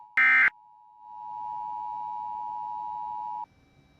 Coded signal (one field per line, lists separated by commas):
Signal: Emergency Alert System (SAME) tones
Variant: 853 and 960 Hz attention tone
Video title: EAS #400 IS HERE EAS Alerts From 3/24/21 (EAS #395-405)